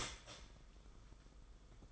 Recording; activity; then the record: daily activity, microphone in the room; start toaster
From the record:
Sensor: 5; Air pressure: 990.8 hPa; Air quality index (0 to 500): 146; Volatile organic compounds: 134 ppm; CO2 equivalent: 3949 ppm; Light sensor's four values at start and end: 40/123/47/50 and 40/123/47/50